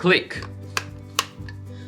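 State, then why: Seated. Someone talks briefly while a plastic bayonet lens hood is twisted onto a 24-105 zoom lens, for comparison with the flimsy plastic hood on another lens. After a sharp tick at 0.8 s, the hood snaps into place with a distinct, significant click at 1.2 s, and it is seated.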